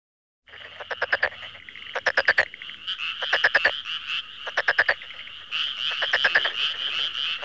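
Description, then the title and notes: Frog croaking in short rattling trains of clicks, repeated with pauses between groups. "NHK Sound Effects Collection Frogs, Crickets, Cicadas, Horses, Dogs. NHK効果音集 カエル・虫・セミ・ウマ・イヌ"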